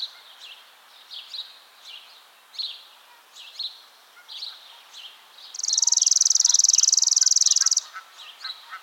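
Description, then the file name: Chipping sparrow delivers a single rapid, buzzy trill of uniform notes for about two seconds late; other birds chirp intermittently throughout. "Spizella passerina - Chipping Sparrow"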